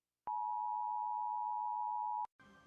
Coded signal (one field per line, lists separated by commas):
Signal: Emergency Alert System (SAME) tones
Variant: 853 and 960 Hz attention tone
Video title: (tailsy-boi64 FLIPACLIP) EAS alarms animated uhh